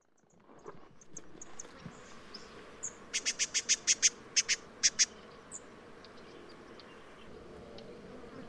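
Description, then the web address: Spotted scrubwren calls: a fast burst of about ten sharp, high ticking notes over two seconds, with faint chips before and after against a low steady hiss. "sound spotted-scrubwren. صدای-پرنده-خسنشین-خالدار"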